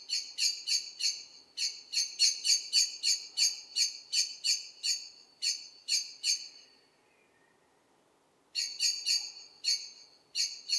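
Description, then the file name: Eurasian blackbird rattling out repeated harsh chack notes in fast runs, breaking off briefly, then pausing before starting again. "Turdus merula"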